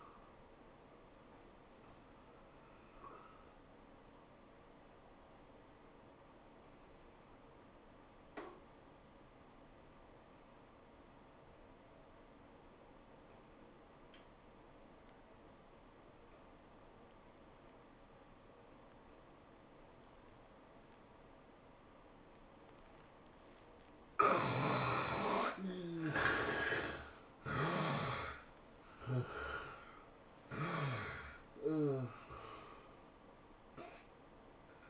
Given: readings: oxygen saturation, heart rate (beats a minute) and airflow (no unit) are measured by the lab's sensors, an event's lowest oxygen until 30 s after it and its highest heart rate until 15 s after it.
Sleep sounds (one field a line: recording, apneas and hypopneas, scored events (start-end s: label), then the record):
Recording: breathing in sleep by a voice recorder at the bedside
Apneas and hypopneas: 1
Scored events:
5.00-25.20 s: obstructive apnea (N1, oxygen 96% highest, then 70% lowest, heart rate 95 at the start, 110 highest)
From the record:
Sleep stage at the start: N1 (lightest sleep)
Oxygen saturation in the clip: 73 to 96%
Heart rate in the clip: 76 to 110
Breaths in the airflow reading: 3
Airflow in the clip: -14.2 to 13.8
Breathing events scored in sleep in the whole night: 403 in 5.5 hours asleep